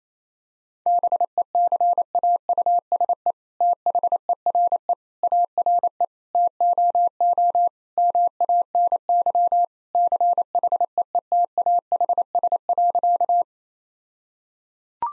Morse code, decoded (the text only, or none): BECAUSE THERE ARE TOO MANY CHEETAHS.